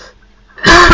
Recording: coughing